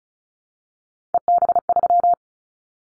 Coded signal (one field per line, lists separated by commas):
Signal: Morse code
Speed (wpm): 34 wpm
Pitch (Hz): 700 Hz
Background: none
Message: EB3